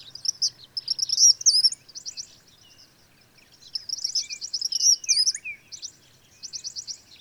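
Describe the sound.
Bird song, high and twittering, mixing fast buzzy trills with thin warbled notes in several bursts, one long pause in the middle.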